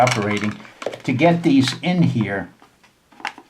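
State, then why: Seated. A sharpening hone is pushed into the plastic hone holder of a controlled-angle knife sharpening kit while someone talks. It snaps into place with a sharp click at 3.3 s, followed by a fainter tick, and the hone is seated.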